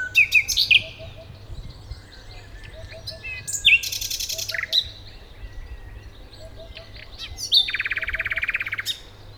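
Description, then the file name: Common nightingale song in varied bursts: sharp high whistled notes, then a loud buzzy rattle near four seconds and a rapid churring trill near the end, over a low background hum. "Luscinia megarhynchos"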